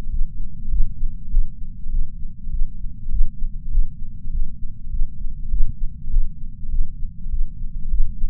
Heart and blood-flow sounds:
heart sounds by patch sensor on the chest; 100 bpm
0.11 s: heartbeat
0.70 s: heartbeat
1.30 s: heartbeat
1.91 s: heartbeat
2.51 s: heartbeat
3.11 s: heartbeat
3.71 s: heartbeat
4.32 s: heartbeat
4.91 s: heartbeat
5.50 s: heartbeat
6.10 s: heartbeat
6.71 s: heartbeat
7.31 s: heartbeat
7.90 s: heartbeat
From the record:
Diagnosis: coronary artery disease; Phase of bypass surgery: postoperative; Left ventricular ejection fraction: 66.9%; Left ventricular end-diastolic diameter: 46 mm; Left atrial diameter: 35 mm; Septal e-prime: 7.6 cm/s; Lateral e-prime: 10.1 cm/s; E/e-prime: 8.1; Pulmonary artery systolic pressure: 29 mmHg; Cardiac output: 6.1 L/min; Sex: male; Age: 63 years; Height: 180 cm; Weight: 65 kg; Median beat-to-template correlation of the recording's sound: 0.80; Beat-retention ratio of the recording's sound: 1.00

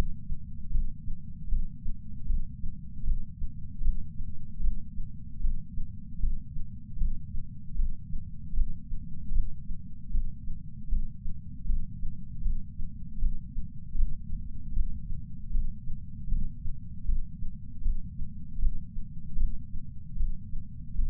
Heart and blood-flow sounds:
heart sounds by patch sensor on the chest; 77 bpm
0.70 s: heartbeat
1.48 s: heartbeat
2.26 s: heartbeat
3.03 s: heartbeat
3.81 s: heartbeat
4.60 s: heartbeat
5.40 s: heartbeat
6.19 s: heartbeat
6.97 s: heartbeat
7.75 s: heartbeat
8.53 s: heartbeat
9.32 s: heartbeat
10.10 s: heartbeat
10.88 s: heartbeat
11.65 s: heartbeat
12.41 s: heartbeat
13.18 s: heartbeat
13.95 s: heartbeat
14.72 s: heartbeat
15.50 s: heartbeat
16.28 s: heartbeat
17.04 s: heartbeat
17.81 s: heartbeat
18.59 s: heartbeat
19.36 s: heartbeat
20.16 s: heartbeat
20.94 s: heartbeat
From the record:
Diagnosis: coronary artery disease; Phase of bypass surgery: intraoperative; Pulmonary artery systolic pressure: 27 mmHg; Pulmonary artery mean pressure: 19 mmHg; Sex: male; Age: 74 years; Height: 170 cm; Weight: 75 kg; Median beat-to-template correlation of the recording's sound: 0.89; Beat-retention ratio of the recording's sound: 0.97

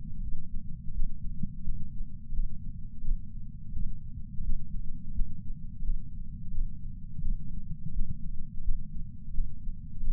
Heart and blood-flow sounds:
heart sounds by patch sensor on the chest; 86 bpm
0.22 s: heartbeat
0.94 s: heartbeat
1.65 s: heartbeat
2.34 s: heartbeat
3.03 s: heartbeat
3.73 s: heartbeat
4.44 s: heartbeat
5.14 s: heartbeat
5.84 s: heartbeat
6.53 s: heartbeat
7.22 s: heartbeat
7.94 s: heartbeat
8.64 s: heartbeat
9.34 s: heartbeat
10.02 s: heartbeat
From the record:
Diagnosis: coronary artery disease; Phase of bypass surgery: postoperative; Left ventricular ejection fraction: 65.4%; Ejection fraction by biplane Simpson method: 64.8%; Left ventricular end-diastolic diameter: 41 mm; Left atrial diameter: 37 mm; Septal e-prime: 8.8 cm/s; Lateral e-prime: 8.1 cm/s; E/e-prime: 9.9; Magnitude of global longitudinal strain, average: 18.9%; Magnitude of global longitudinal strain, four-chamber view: 23.8%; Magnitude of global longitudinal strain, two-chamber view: 17.7%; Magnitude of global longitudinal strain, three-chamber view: 15.3%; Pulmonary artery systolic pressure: 36 mmHg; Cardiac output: 4.4 L/min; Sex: male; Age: 76 years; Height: 165 cm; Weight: 79 kg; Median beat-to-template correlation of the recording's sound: 0.64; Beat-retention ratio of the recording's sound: 0.99

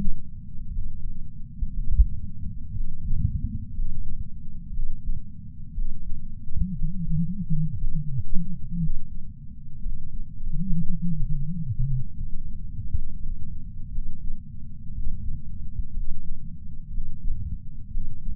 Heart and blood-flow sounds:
heart sounds by patch sensor on the chest; 59 bpm
0.68 s: heartbeat
1.70 s: heartbeat
2.71 s: heartbeat
3.71 s: heartbeat
4.70 s: heartbeat
5.71 s: heartbeat
6.71 s: heartbeat
7.73 s: heartbeat
8.76 s: heartbeat
9.78 s: heartbeat
10.82 s: heartbeat
11.85 s: heartbeat
12.88 s: heartbeat
13.88 s: heartbeat
14.89 s: heartbeat
15.90 s: heartbeat
16.88 s: heartbeat
17.87 s: heartbeat
From the record:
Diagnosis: coronary artery disease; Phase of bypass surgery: postoperative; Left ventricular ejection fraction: 61.7%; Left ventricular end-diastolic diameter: 51 mm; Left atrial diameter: 37 mm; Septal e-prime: 6.5 cm/s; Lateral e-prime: 9.2 cm/s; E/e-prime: 11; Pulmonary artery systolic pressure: 22 mmHg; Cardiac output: 4.8 L/min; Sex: male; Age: 59 years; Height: 168 cm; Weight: 81 kg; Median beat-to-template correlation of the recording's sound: 0.85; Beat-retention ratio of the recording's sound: 1.00

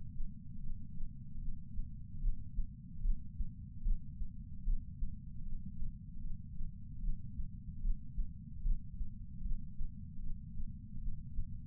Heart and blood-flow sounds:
heart sounds by patch sensor on the chest; 75 bpm
0.60 s: heartbeat
1.39 s: heartbeat
2.20 s: heartbeat
3.01 s: heartbeat
3.82 s: heartbeat
4.64 s: heartbeat
5.43 s: heartbeat
6.21 s: heartbeat
7.00 s: heartbeat
7.81 s: heartbeat
8.62 s: heartbeat
9.42 s: heartbeat
10.20 s: heartbeat
10.99 s: heartbeat
From the record:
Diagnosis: coronary artery disease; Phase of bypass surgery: preoperative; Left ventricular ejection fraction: 32.2%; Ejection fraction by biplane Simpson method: 32%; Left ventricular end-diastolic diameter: 64 mm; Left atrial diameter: 40 mm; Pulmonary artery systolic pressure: 18 mmHg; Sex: male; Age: 49 years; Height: 175 cm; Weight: 80 kg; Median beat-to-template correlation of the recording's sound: 0.84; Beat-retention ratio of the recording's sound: 1.00

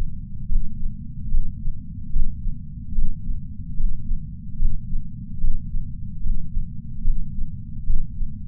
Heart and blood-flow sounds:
heart sounds by patch sensor on the chest; 73 bpm
0.49 s: heartbeat
1.32 s: heartbeat
2.13 s: heartbeat
2.96 s: heartbeat
3.77 s: heartbeat
4.59 s: heartbeat
5.41 s: heartbeat
6.23 s: heartbeat
7.05 s: heartbeat
7.87 s: heartbeat
From the record:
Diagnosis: coronary artery disease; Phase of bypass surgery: postoperative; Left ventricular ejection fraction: 43.8%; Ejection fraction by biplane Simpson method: 45%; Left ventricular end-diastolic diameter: 59 mm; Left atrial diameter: 36 mm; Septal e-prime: 6.9 cm/s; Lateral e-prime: 6.4 cm/s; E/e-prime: 9.2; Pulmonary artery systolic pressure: 22 mmHg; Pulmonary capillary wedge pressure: 19 mmHg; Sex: male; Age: 57 years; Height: 183 cm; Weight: 85 kg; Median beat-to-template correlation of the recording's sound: 0.89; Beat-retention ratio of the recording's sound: 0.99

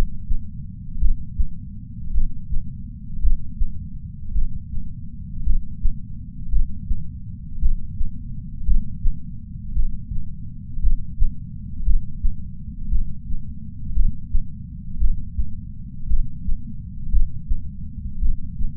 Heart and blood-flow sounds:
heart sounds by patch sensor on the chest; 56 bpm
0.99 s: heartbeat
2.12 s: heartbeat
3.21 s: heartbeat
4.33 s: heartbeat
5.44 s: heartbeat
6.50 s: heartbeat
7.60 s: heartbeat
8.65 s: heartbeat
9.74 s: heartbeat
10.81 s: heartbeat
11.84 s: heartbeat
12.90 s: heartbeat
13.94 s: heartbeat
14.99 s: heartbeat
16.08 s: heartbeat
17.11 s: heartbeat
18.20 s: heartbeat
From the record:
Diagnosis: coronary artery disease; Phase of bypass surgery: preoperative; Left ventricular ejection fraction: 63.3%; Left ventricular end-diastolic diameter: 44 mm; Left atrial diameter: 35 mm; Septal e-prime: 7 cm/s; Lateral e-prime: 10.5 cm/s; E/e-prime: 9.8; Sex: female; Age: 68 years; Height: 161 cm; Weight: 66.6 kg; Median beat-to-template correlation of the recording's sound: 0.94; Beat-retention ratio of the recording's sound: 0.99

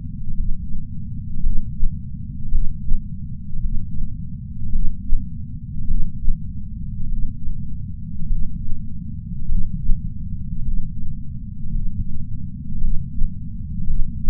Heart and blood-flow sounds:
heart sounds by patch sensor on the chest; 53 bpm
0.35 s: heartbeat
1.41 s: heartbeat
2.50 s: heartbeat
3.61 s: heartbeat
4.70 s: heartbeat
5.86 s: heartbeat
7.08 s: heartbeat
8.27 s: heartbeat
9.47 s: heartbeat
10.63 s: heartbeat
11.71 s: heartbeat
12.79 s: heartbeat
13.85 s: heartbeat
From the record:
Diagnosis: coronary artery disease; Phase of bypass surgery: preoperative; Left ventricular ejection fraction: 62%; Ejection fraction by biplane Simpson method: 62.4%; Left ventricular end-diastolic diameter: 51 mm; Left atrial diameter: 40 mm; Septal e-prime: 9.2 cm/s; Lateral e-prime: 9.2 cm/s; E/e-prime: 8.2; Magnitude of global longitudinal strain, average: 18.8%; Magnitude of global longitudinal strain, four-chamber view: 19.4%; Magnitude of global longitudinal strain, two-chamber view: 19%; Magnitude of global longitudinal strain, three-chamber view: 18.1%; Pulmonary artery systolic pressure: 24 mmHg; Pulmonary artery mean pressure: 10 mmHg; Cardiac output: 4.7 L/min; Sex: male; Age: 57 years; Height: 175 cm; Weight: 80 kg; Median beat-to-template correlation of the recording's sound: 0.88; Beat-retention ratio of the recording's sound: 0.93

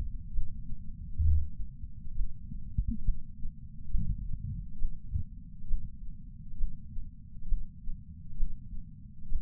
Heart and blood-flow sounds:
heart sounds by patch sensor on the chest; 67 bpm
0.30 s: heartbeat
1.21 s: heartbeat
2.12 s: heartbeat
3.02 s: heartbeat
3.88 s: heartbeat
4.76 s: heartbeat
5.65 s: heartbeat
6.55 s: heartbeat
7.46 s: heartbeat
8.35 s: heartbeat
9.27 s: heartbeat
From the record:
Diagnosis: coronary artery disease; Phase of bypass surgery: preoperative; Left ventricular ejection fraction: 60.1%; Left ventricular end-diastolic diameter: 44 mm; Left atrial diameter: 42 mm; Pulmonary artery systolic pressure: 26 mmHg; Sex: female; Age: 80 years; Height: 156 cm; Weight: 70 kg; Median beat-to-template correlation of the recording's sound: 0.93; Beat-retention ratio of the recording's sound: 0.99

